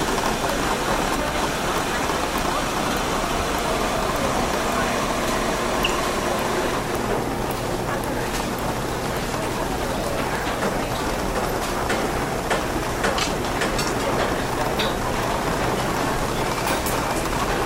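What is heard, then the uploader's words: A coffee shop hums with steady, dense background chatter and a low machine drone, with occasional faint clinks of cups throughout. The soothing sounds of a cozy coffee shop on a rainy day. The background chatter of other customers, the clinking of cups and saucers, and the gentle hum of the coffee machines all create a warm and welcoming atmosphere. The sound of rain tapping against the window. Cozy Coffee Shop Ambience.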